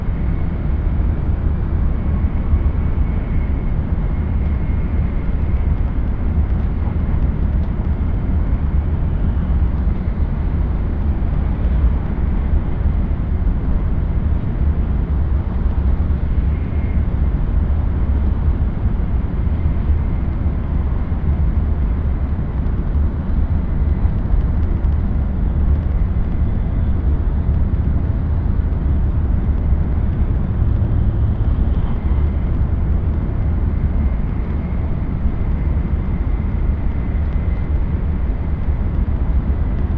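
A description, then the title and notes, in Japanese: A ride on the Shinano Railway and Hokuriku Shinkansen between Komoro, Ueda and Nagano. A steady, dense low rumble of the moving train fills all forty seconds at an even level, with a faint high whine drifting in and out above it. しなの鉄道・北陸新幹線 小諸→上田→長野。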